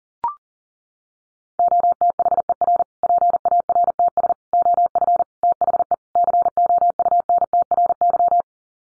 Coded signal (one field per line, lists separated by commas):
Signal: Morse code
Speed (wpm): 40 wpm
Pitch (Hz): 700 Hz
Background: none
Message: OTHER PARTS OF THE COUNTRY